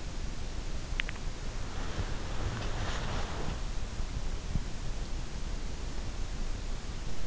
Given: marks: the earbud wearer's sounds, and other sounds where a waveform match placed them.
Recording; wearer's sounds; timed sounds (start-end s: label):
sounds in sleep by an in-ear microphone; teeth grinding, body movement
0.55-1.40 s: teeth grinding
2.11-4.78 s: body movement